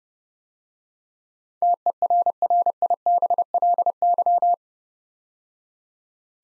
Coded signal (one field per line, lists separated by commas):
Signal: Morse code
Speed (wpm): 30 wpm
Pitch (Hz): 700 Hz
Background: none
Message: TERRIBLY